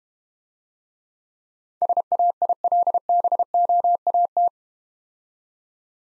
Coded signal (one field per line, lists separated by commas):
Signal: Morse code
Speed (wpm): 30 wpm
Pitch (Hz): 700 Hz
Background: none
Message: SAILBOAT